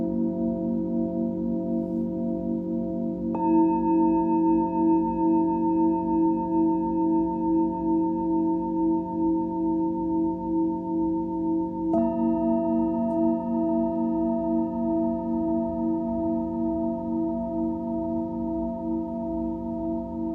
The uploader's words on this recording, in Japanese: チベタンシンギングボウルの子守唄。日本の真夜中に合わせていつもよりそっとそっと叩きました。